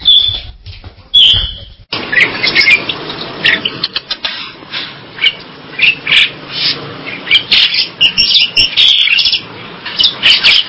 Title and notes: Jalak Bali. Kicau Burung Jalak